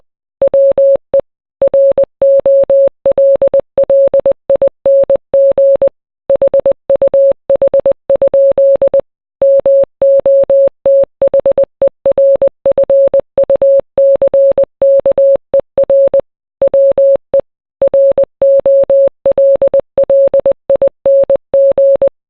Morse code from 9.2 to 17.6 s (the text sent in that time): MOTHERFUCKER WE